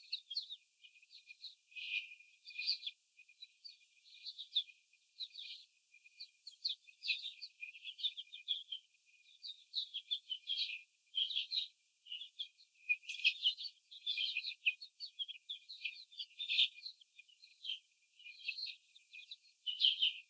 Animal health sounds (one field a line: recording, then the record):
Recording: young laying hens in a cage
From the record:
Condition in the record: after the stressor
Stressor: simulated dog barking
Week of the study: 4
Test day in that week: 3